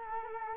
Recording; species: mosquito wingbeat signal from an infrared sensor; Culex quinquefasciatus